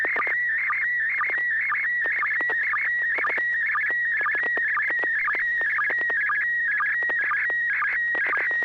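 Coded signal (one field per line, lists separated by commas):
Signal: SSTV (slow-scan television)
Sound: warbling whistle-like tone around 2 kHz with regular low chirps and clicks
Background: FM radio hiss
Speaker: storefront of a place it looks like a hut sort of convenience store it says baja on the front but at the very top it says the house of the maybe margaritas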